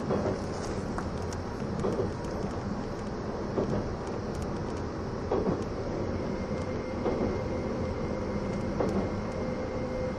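Running sound of the E261 series Saphir Odoriko train, a steady low rumble that stays even in level throughout. Light rhythmic clicks from the rails recur about every second and a half to two seconds, with a faint tone holding underneath.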